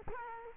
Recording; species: mosquito wingbeat signal from an infrared sensor; Culex quinquefasciatus